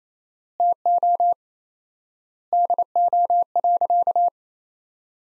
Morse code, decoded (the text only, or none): TO DO.